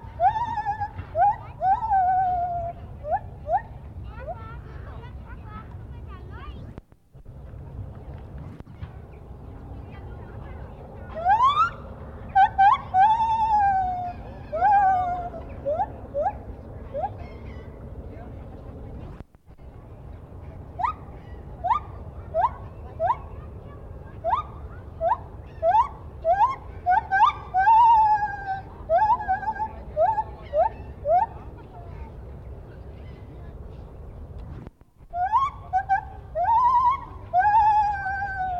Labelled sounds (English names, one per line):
Lar Gibbon